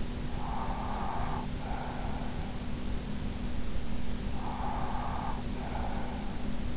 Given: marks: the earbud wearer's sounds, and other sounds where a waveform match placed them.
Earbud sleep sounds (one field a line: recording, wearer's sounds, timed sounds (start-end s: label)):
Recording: sounds in sleep by an in-ear microphone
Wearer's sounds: breath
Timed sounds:
0.15-2.83 s: breath
4.03-6.77 s: breath